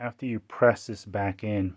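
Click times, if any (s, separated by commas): none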